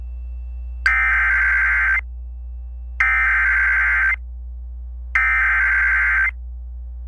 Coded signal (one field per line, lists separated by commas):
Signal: Emergency Alert System (SAME) tones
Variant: header bursts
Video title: I hear Virginia and New York want some more... | EAS Alerts from 7/18/2022 (EAS #1436-1457)